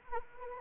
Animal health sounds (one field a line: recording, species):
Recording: mosquito wingbeat signal from an infrared sensor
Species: Anopheles arabiensis